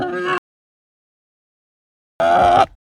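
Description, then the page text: Hampshire pig making two short, strained squeals, a brief one at the start and another after a long pause. Hampshire breed pig, hungry, giving medium squeals. "Hampshire Pig Grunt Medium Squeal Hungry. Quick Sounds"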